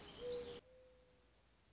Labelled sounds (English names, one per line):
Mourning Dove